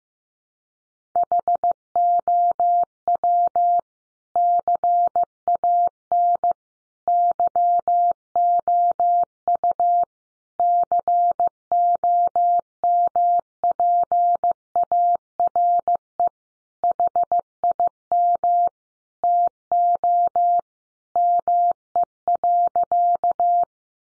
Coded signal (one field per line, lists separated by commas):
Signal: Morse code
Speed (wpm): 15 wpm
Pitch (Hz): 700 Hz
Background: none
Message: HOW CAN YOU COMPARE HIM TO ME.